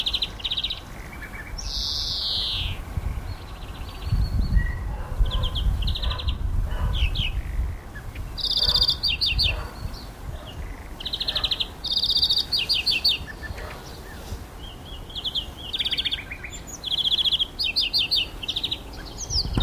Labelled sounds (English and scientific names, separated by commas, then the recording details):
European Greenfinch (Chloris chloris) song
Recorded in the wild
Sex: male
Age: adult
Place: Berlin, OT Blankenfelde, Berlin, DE
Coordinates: 52.6375, 13.4131
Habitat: water, formerly gravel pit
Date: 1988-04-30 11:38
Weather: sunny, 16-20°C
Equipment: Nagra SN, Kopie Tesla B 116
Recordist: Tembrock, Günter